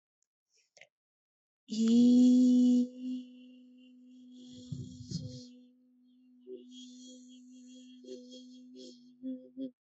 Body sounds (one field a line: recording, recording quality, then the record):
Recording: sustained vowel as in beet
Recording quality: excellent, no background noise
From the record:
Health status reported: healthy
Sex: female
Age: 23 years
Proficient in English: yes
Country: India